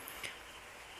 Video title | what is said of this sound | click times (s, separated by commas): Drill machine काम कर रही है लेकिन बिट हिल नहीं रही है -- Drill Machine Working Fine But Not Drilling | को थोड़ा घिसकर और साफ करके, हमने गियर को सही जगह पर लगा दिया, और अब हमारा गियर यहाँ पूरी तरह से लॉक हो गया है। | 0.1 s